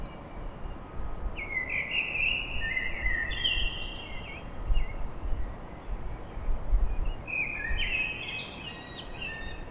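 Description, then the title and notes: Common blackbird singing two mellow, whistled phrases, each finishing in thin, high twittering notes, with constant low urban noise underneath. Recorded at dawn in Paris. "Blackbird Poetry At Paris On. Enregistrement d'un chant de merle à l'aube dans Paris"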